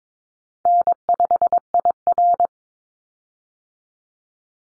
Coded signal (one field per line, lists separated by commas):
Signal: Morse code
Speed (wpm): 22 wpm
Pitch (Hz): 700 Hz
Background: none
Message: N5IR